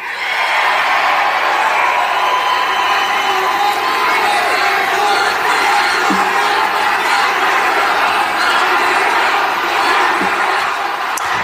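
A large crowd of Trump supporters at a rally in Iowa, USA, chants "lock her up" in unison, a loud, dense roar of many voices that holds steady for the whole stretch, with scattered shouts and cheers mixed in.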